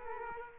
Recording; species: mosquito wingbeat signal from an infrared sensor; Culex quinquefasciatus